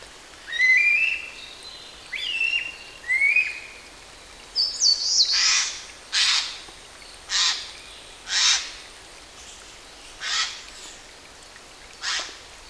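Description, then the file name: Eurasian jay calling with a run of harsh, rasping screeches at irregular intervals, preceded by a few thin whistled, rising notes. "Garrulus glandarius"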